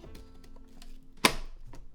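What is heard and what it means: A second DDR4 memory stick is pressed down into a motherboard DIMM slot, with light ticks and handling noises before a sharp, bright click at 1.2 s as the retention clips snap. The stick is seated, and the click is heard as satisfying.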